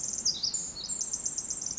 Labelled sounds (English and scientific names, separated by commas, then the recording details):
Pacific Wren (Troglodytes pacificus)
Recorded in Sonoma County, California